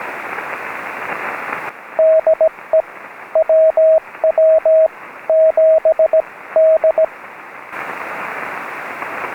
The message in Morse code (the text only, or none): DE WW7D